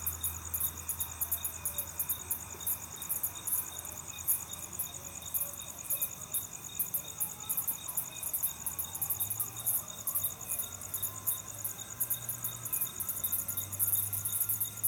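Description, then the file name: Cricket chirping continuously in fast, high pulse bursts throughout, over a steady shrill drone and faint low rumbles. "grillo"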